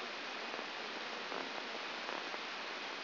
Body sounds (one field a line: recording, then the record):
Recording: brain microelectrode recording played as sound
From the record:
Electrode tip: outside the subthalamic nucleus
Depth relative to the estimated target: -4 mm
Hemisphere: right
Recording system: AlphaMap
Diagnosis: Parkinson's disease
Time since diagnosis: 10 years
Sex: female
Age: 63 years